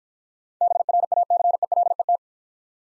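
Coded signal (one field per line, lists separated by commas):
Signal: Morse code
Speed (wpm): 51 wpm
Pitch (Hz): 700 Hz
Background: none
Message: BRACELET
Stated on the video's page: Morse practice at 40 wpm using contextual hints to prime copying of difficult words.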